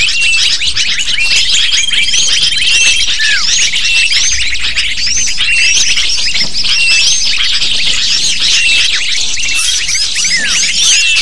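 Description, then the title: Lovebirds chattering together, an unbroken wall of piercing squeaks and rapid tweets, with a few drawn-out whistled notes early on. Used as a lure to attract lovebirds. "PIKAT BURUNG LOVEBIRD"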